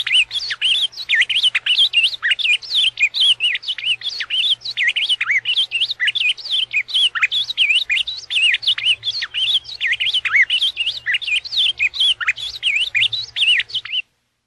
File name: Canto-do-Azulão